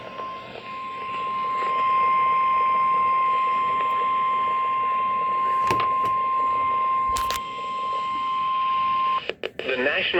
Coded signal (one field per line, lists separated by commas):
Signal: Emergency Alert System (SAME) tones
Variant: 1050 Hz attention tone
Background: speech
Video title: Moooorrreeeeeee. Severe Thunderstorm Warning EAS#27